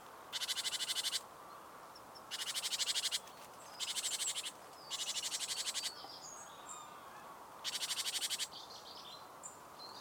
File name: Parus major